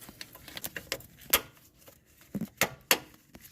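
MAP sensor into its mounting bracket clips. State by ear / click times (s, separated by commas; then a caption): seated / 2.9 s. A new plastic MAP sensor on a 1982–1993 Chevrolet S10 is pushed into its mounting bracket's retaining clips. Small handling clicks and rattles lead up to sharper clicks at 1.3 s and 2.6 s. The loudest snap comes at 2.9 s, when the sensor seats in the clips.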